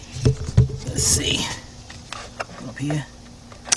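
A new shift cable end for a 2002–2005 Ford Explorer / Mercury Mountaineer is handled at its transmission/shifter mounting bracket, where its plastic tabs are meant to snap into place. Someone talks briefly over scattered soft knocks and handling noises, with sharper taps around 2.1 s and 2.4 s. Nothing has seated or clicked yet.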